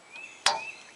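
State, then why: Seated. A valve core removal tool's tip is pressed lightly down onto the slotted top of a Schrader valve core in a car AC service port and turned until the slots engage. A single sharp metallic click sounds at 0.5 s over a quiet background with a faint high tone. The tool is locked into the valve core, so the valve can now be unscrewed.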